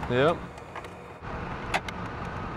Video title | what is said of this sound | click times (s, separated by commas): Advantech Security: CCTV Installation @ the Port of Wilmington | And you hear the click? I did. All right, then it's in. | 1.9 s